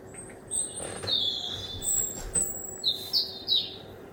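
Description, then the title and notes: Bird singing a series of high, thin whistled phrases, some sliding and some steady, over a faint low hum. Recorded at 1 am through a kitchen window. "Birdsong Recorded From My Kitchen Window At 1 Am by Speculativism"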